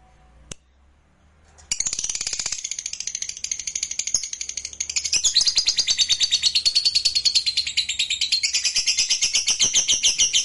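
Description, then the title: A lovebird opens with a lone click, then after a short gap bursts into a sustained, rapid, buzzy twittering chatter that grows louder. "Suara Lovebird Ini"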